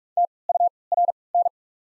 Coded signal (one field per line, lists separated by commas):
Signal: Morse code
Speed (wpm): 46 wpm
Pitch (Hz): 700 Hz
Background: none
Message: TURN